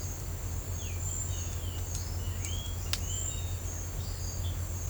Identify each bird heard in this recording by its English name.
Piratic Flycatcher